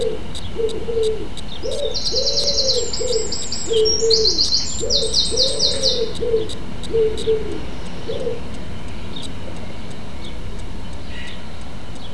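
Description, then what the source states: Pigeon cooing, a series of soft, low, hollow coos for about eight seconds, with a rapid, high, trilling song over the top. Pigeon recorded alongside a singing wren.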